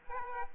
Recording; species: mosquito wingbeat signal from an infrared sensor; Aedes aegypti